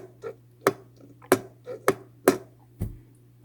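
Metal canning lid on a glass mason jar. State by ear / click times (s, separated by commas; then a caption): not seated / none. A metal two-piece canning lid on a glass mason jar of bread and butter pickles is pressed after water bath canning, and it flexes up and down with repeated sharp, tinny pops. The lid has not sealed, and nothing has clicked down into place, so the jar goes to the refrigerator.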